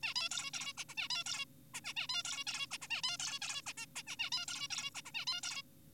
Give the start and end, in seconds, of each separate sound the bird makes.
0.03-0.13, 0.16-0.29, 0.31-0.51, 0.54-0.73, 0.78-0.84, 0.89-0.95, 0.97-1.08, 1.11-1.24, 1.26-1.45, 1.74-1.81, 1.85-1.93, 1.97-2.07, 2.09-2.23, 2.25-2.44, 2.47-2.67, 2.71-2.78, 2.82-2.87, 2.90-3.02, 3.03-3.17, 3.19-3.39, 3.42-3.62, 3.67-3.73, 3.78-3.86, 3.96-4.03, 4.07-4.16, 4.19-4.30, 4.32-4.46, 4.48-4.68, 4.70-4.90, 4.95-5.02, 5.06-5.11, 5.15-5.25, 5.27-5.41, 5.43-5.62